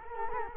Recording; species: mosquito wingbeat signal from an infrared sensor; Culex quinquefasciatus